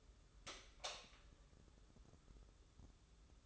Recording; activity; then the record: daily activity, microphone in the room; light on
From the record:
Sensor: 3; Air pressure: 995.3 hPa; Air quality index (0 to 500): 83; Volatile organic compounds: 7 ppm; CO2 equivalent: 1996 ppm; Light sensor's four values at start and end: 9/22/9/9 and 12/31/13/12